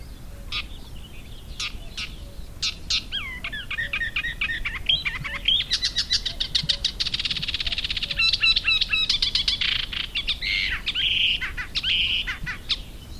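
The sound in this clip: Thick-billed warbler song: a loud, varied run of chirps, slurred whistles and dense buzzy rattles, shifting phrases rapidly for about thirteen seconds without a break.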